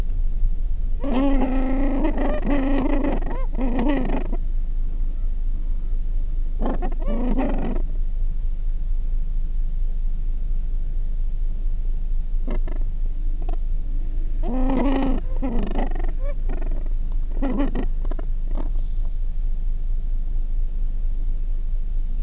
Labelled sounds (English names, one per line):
Gentoo Penguin